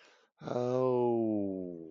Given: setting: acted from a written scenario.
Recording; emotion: vocal sound without words; realization